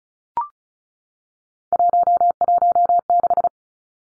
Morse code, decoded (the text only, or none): 116